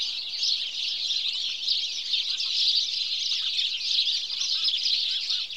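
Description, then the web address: Many house sparrows chirping together in a busy, ceaseless chatter, with a few lower, softer call notes showing through beneath. "BBC Sound Effects Library Birds House Sparrow (Passer Domesticus)"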